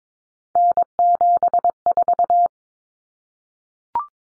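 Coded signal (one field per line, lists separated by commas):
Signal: Morse code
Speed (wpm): 22 wpm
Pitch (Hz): 700 Hz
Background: none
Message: N74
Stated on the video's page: Morse practice of common three-digit cut numbers at 22 wpm, T, A, N for 0, 1, 9, each sent, spoken, sent again.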